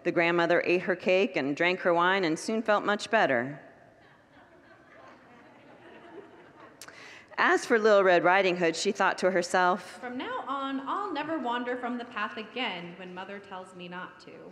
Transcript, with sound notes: The grandmother ate her cake and drank her wine and soon felt much better. [Congregants laugh] As for Little Red Riding Hood, she thought to herself, “From now on, I’ll never wander from the path again when mother tells me not to.”